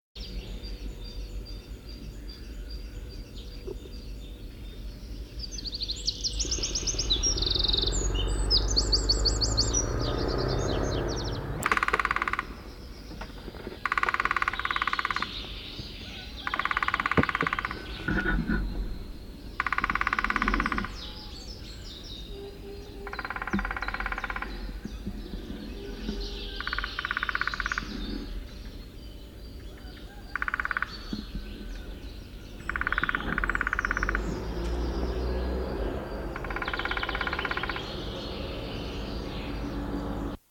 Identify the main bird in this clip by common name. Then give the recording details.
Lesser Spotted Woodpecker. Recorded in the wild. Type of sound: drumming. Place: Ralow, Insel Rügen, Mecklenburg-Vorpommern, DE. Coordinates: 54.403, 13.328. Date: 1974-04-13. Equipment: Nagra III BH, Sennheiser MD 21, parabola. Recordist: Schubert, Michael. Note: hektisches Trommeln Kleinspecht